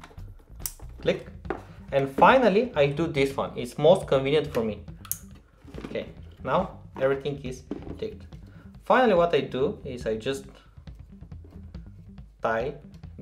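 The final plastic push pin of a CPU cooler is pressed into its mounting hole on the motherboard, and someone talks throughout. A loud, sharp click comes at 5.1 s as the last pin seats. All the cooler's push pins are now clicked in.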